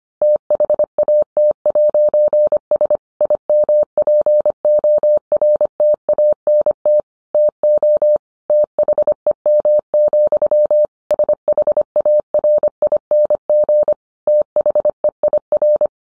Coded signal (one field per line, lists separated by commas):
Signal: Morse code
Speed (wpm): 25 wpm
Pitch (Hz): 600 Hz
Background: none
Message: THAT'S IMPORTANT TO THEM, SHARING THEIR